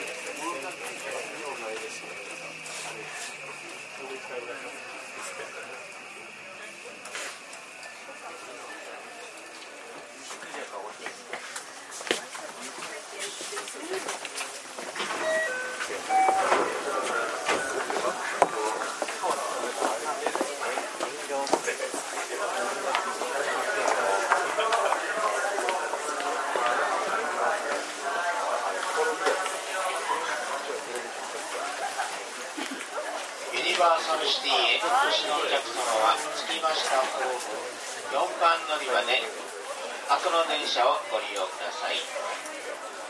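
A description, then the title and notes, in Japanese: Inside a JR 323 series train near Momodani, passengers talk over the steady running rumble, with a brief high tone early and louder chatter later. JR323系 桃谷→桃谷。朝早くに乗車して録音しましたが、そこそこ乗客がおり、少し声が聞こえます。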